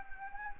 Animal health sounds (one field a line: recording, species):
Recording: mosquito wingbeat signal from an infrared sensor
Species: Anopheles gambiae